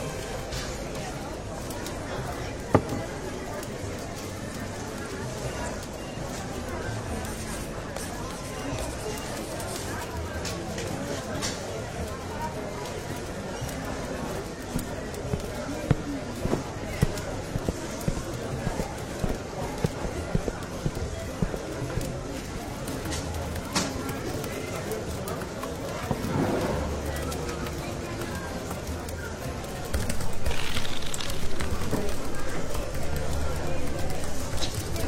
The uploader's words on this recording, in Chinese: 圣诞假日的巴黎咖啡厅。